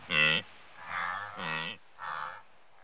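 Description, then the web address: Wildebeest making four short nasal grunts, the first loudest, each lasting about half a second with brief pauses between. Several wildebeest grazing in Africa. "BBC Sound Effects Library. Africa. Wildebeest"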